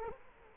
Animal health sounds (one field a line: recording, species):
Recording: mosquito wingbeat signal from an infrared sensor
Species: Culex quinquefasciatus